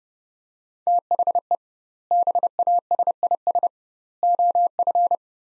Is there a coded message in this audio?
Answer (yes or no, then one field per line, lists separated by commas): yes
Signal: Morse code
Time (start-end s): 0.9-5.2 s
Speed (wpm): 30 wpm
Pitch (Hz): 700 Hz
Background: none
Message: THE BASIS OF